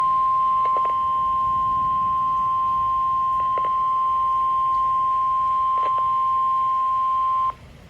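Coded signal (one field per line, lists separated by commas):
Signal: Emergency Alert System (SAME) tones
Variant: 1050 Hz attention tone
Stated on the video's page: Weather radio alert on 162.425 MHz; the broadcast cuts out briefly during a storm.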